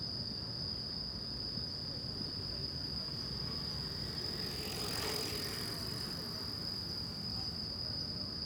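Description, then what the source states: Crickets giving a steady high-pitched sound while a vehicle swells past midway and fades, over low traffic rumble. Crickets at night in Shinjuku Gyoen Park, Shinjuku, Tokyo, Japan; recorded with DPA 4060 AB microphones on a Deity PR-2.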